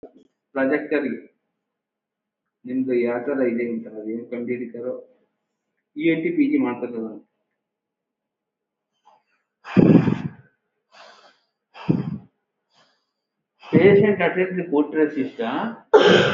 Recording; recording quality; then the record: deep breathing; moderate, slight background noise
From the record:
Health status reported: recovered from COVID-19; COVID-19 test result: positive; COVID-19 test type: RT-PCR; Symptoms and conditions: loss of smell and taste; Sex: female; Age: 38 years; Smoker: no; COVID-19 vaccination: both doses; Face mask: not worn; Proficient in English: yes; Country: India